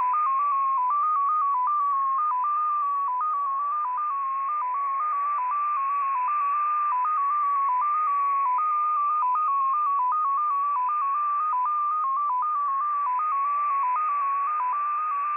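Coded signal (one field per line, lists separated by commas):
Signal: multi-tone FSK (Olivia or MFSK type)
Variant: XPA2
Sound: a single pure tone hopping between several nearby pitches about eight times a second, continuous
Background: radio static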